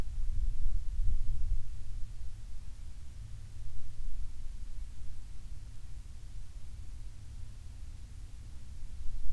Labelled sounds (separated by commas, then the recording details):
wind
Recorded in the Prudhoe Bay oil fields, Alaska, on 7 August 2019 at 14:16
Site 17